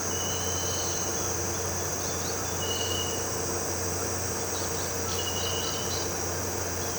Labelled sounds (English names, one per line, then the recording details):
none
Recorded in pastures near Puerto Asís, Putumayo, Colombia, on 12 March 2025 at 18:00
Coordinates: 0.466, -76.322
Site CSA-02